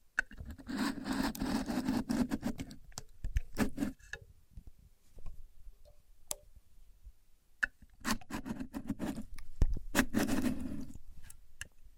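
A contour gauge being used: clicky, rattling bursts of its many pins sliding and scraping, with dense busy stretches around the first four seconds and again from eight to eleven. A quieter gap in the middle holds only scattered taps and small knocks.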